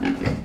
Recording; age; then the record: pig call; growing-finishing pig (85 days or more)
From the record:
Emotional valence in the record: negative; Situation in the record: barren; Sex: female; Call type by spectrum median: low-frequency call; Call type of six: mixed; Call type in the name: low-frequency stable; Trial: 4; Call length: 0.45 s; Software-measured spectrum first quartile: 220 Hz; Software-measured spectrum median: 369 Hz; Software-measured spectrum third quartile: 1165 Hz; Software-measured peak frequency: 266 Hz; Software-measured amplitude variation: 222 dB a second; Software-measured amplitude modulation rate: 29.9 a second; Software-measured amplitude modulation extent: 7.4 dB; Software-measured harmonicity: 2.8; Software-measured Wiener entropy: -1.77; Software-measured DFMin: 1473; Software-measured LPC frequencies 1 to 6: 1654, 2097, 4821, 6530, 7305, 8212 Hz